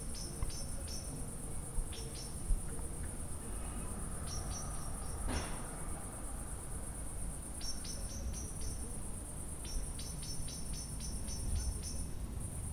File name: In The Evening The Bird And The Cricket